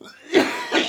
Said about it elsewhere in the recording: I think I'm getting sick too. Coughing up a lung.